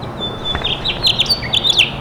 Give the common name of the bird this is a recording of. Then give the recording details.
House Finch. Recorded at East Quogue on Long Island, New York, on 29 May 2013. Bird A